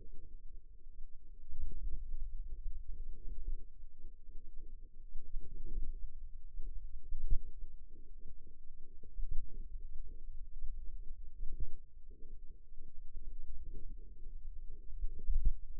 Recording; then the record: forearm muscle sounds (acoustic myography)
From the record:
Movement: finger pinch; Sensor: system 2, bracelet of six BSWA MPA416 microphones around the upper forearm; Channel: 5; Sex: female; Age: 22 years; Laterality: right